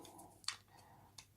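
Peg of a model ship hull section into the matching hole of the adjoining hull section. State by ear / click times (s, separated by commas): seated / 0.5 s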